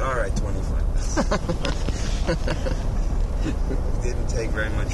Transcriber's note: laughter